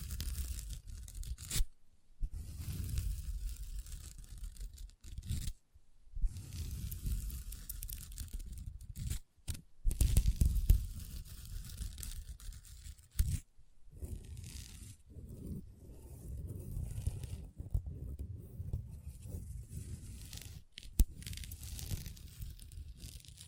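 Long nails scratch and tap across a table in dense, raspy strokes with a heavy low rumble beneath. The rubbing comes in bursts with short silent gaps near two, six, nine and thirteen seconds, and a few sharper clicks stand out around ten and twenty-one seconds.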